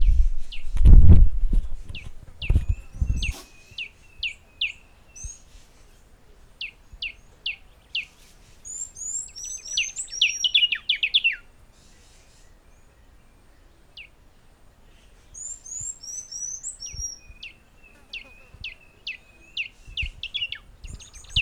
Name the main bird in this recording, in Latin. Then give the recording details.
Melocichla mentalis. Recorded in northern Uganda